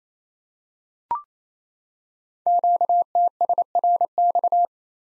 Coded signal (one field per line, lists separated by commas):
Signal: Morse code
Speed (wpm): 27 wpm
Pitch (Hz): 700 Hz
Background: none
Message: QTSRX